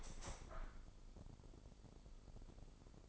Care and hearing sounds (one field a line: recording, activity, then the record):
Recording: daily activity, microphone in the room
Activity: open window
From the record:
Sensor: 5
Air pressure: 995.8 hPa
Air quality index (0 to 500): 96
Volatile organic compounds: 5 ppm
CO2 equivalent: 1829 ppm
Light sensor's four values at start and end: 40/97/39/41 and 40/97/39/41